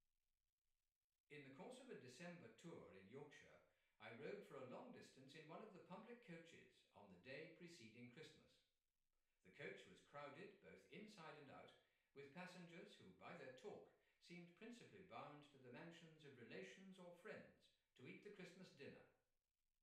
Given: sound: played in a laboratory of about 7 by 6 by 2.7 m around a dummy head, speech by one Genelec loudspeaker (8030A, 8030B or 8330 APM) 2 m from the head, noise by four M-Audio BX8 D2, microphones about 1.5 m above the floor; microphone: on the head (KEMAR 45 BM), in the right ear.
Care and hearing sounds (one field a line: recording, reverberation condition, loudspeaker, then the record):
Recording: male speech in English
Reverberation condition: medium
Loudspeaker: 30 degrees to the left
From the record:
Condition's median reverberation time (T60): about 510 ms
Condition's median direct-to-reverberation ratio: about -0.5 dB